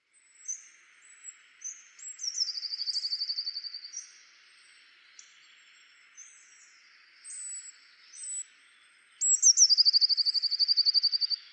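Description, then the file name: Eurasian blue tit giving scattered high thin notes, then a rapid trill strophe, more soft calls, and a louder final trill near the end. "Cyanistes caeruleus"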